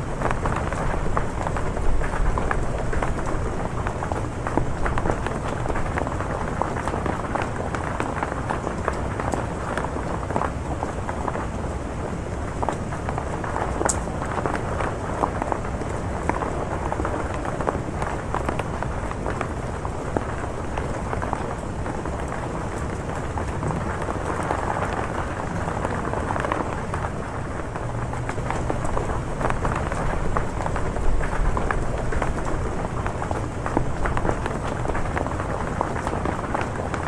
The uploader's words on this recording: Pouring Outside Room on Roof. Pouringrain #rainonroof.